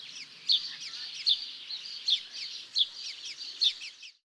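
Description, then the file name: House sparrow chirping, a steady bright chatter with louder chirps standing out about every three-quarters of a second over a busy background of similar notes. "Passer domesticus"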